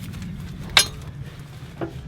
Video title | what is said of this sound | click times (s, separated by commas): Gardening With Wranglerstar - Wood Chips | take so much yeah I heard that yeah you hear it click yeah so now now we're set | 0.8 s